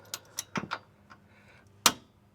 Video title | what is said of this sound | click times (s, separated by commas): Steps Toward a Life We Love - Sprinter Trailer Hitch Install | Okay, hear it click. That means you're at 79 ft-lbs. | 1.9 s